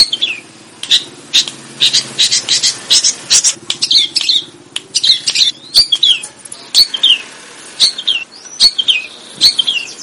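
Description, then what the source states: Sooty-headed bulbul singing in short, spaced bursts of bright chirps and falling whistled notes, with a faint low hum underneath. Bird described as gacor, singing vigorously and often.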